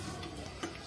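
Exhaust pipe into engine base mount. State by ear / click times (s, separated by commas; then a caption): not seated / none. A metal exhaust for a 100cc scooter is handled against its mount at the engine base. A low steady background is heard with one short, sharp tick-like sound at about 0.6 s. Nothing has seated or clicked into place yet.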